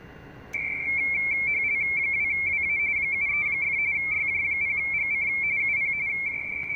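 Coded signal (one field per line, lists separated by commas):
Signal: RTTY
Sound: steady warbling two-tone chatter, rapidly flipping between close high pitches, over faint hiss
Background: radio static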